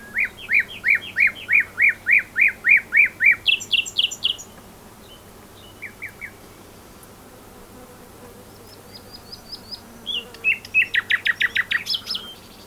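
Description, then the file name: Common nightingale delivering a long series of loud repeated chirps, then a few soft notes in a quieter stretch, and another fast burst of repeated notes. "Luscinia megarhynchos"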